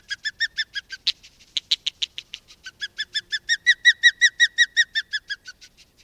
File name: Osprey